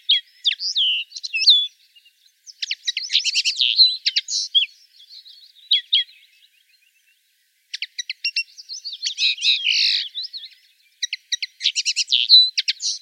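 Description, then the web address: Common linnet song: rapid twittering phrases of varied chirps, trills and nasal notes, delivered in bursts separated by short pauses, with no other clear sounds. "rdewys kneu"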